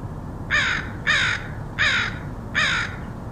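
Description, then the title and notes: Crow giving four harsh, hoarse caws spaced about two-thirds of a second apart over a low background hum. Crows recorded in Portland, Oregon, USA, in August 2003. "Crows of Portland. Crows recorded by Dan Bodah in Portland, OR, August 2003"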